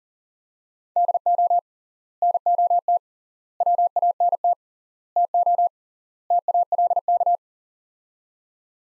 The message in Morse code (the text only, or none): DO NOT WANT TO TALK